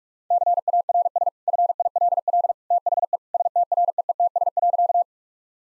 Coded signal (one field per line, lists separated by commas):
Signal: Morse code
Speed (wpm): 46 wpm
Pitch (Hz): 700 Hz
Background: none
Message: CARS FILL THE STREETS.